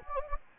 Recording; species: mosquito wingbeat signal from an infrared sensor; Anopheles gambiae